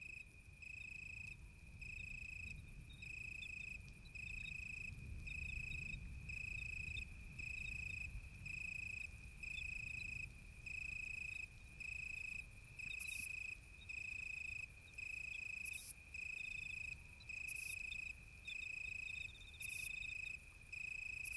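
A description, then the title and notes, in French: An Italian cricket sings in the dark night, a clear, bright trill repeated in regular bursts about every second, steady throughout. A low rumbling wash sits underneath, swelling around five seconds, with occasional sharp clicks and faint insect chirps in the background. Un grillon sous l'orage. Dans une nuit sans lune un grillon d'Italie chante dans le noir profond. Vous pouvez aussi entendre en arrière plan une Ephippigère des vignes et des Grillons tintinnabulants.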